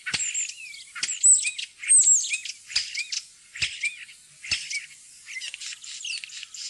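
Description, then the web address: Common starling song: scratchy clicks and rattles mixed with sliding whistles, including a high drawn-out whistle, delivered in short bursts with brief gaps. "fuglelyder-1 staer"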